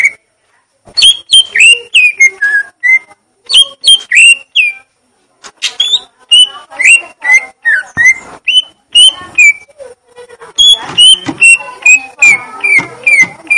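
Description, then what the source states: Leafbird song of loud, sharply inflected whistles in quick runs, several slurred downward, with brief pauses between phrases and a noisier chattering section near the end. Song of the gledek (thunder) style.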